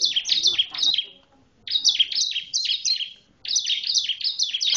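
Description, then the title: Bar-winged prinia song: three quick bursts of high, chattering downslurred notes separated by short silent gaps. "BM Suara Burung Ciblek"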